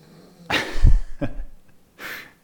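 Brief snorting sounds from a small King Charles Spaniel named Hank: an airy breath burst, a low rattling rumble, and a softer hissing breath, spread over about two seconds. This is ordinary dog snoring while resting.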